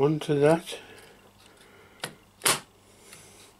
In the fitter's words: it clicks in place as it would normally on a rechargeable drill